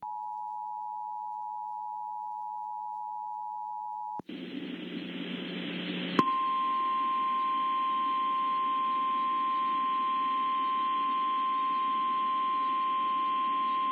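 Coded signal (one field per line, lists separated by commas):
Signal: Emergency Alert System (SAME) tones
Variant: 853 and 960 Hz attention tone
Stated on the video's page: Tornado warning for Auburn University and the city of Auburn.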